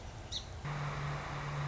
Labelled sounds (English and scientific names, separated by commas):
Song Sparrow (Melospiza melodia)